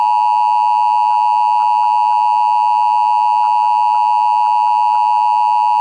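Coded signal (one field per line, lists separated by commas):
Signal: Emergency Alert System (SAME) tones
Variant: 853 and 960 Hz attention tone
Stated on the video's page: Fictional, self-made EAS nuclear attack scenario using valid tones.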